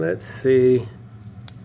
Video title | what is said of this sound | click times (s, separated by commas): I Bought a $21 Rolex Hulk Homage (LIGE LG10045) | Boop makes a nice click on the rest part when you press it down | 1.5 s